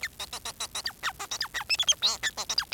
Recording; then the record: song of a male Bengalese finch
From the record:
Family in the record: son of father 4